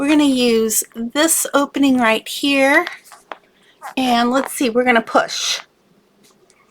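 Someone talks while using a safety eye tool to push a plastic washer onto the post of a safety eye in a crocheted amigurumi plush. Short sharp handling sounds come near 3.3 s and faintly near 6.5 s, with quiet rustling after the talking stops. The washer has not popped on yet, and nothing has seated by the end.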